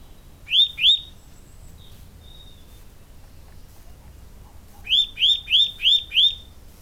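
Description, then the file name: Eurasian nuthatch song: a pair of sharp, upslurred whistles, a pause, then a run of five quick rising whistled notes at an even pace. "canto verso picchio muratore sitta europaea wood Nuthatch kleiber"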